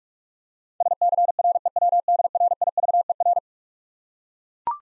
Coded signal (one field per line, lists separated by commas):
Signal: Morse code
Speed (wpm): 44 wpm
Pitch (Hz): 700 Hz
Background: none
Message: SCREWDRIVER